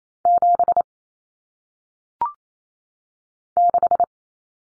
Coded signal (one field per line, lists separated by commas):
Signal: Morse code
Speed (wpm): 28 wpm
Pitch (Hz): 700 Hz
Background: none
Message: 7 6